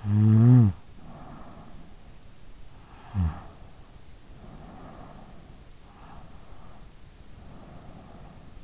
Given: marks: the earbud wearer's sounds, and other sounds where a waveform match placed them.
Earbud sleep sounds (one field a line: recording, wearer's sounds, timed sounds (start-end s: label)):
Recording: sounds in sleep by an in-ear microphone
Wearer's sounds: snoring breath, breath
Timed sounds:
0.00-1.99 s: snoring breath
2.94-5.75 s: snoring breath
5.89-8.56 s: breath